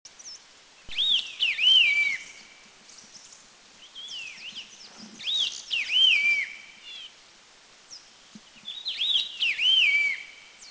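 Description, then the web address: Black-faced laughingthrush giving clear, looping whistled phrases of rising and falling notes, in three bursts roughly four seconds apart, with a faint background hiss. Recorded at Dirang, India. "India Dirang Black-faced LT"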